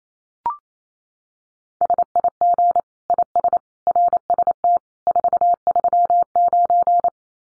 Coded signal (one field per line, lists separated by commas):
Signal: Morse code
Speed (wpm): 28 wpm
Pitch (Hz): 700 Hz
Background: none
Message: SIG IS RST 439